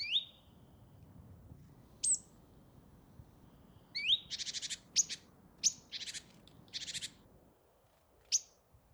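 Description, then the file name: Great tit calls: sharp high down-slurred notes and short buzzy churring bursts, scattered irregularly throughout, with quiet gaps between. "Parus major"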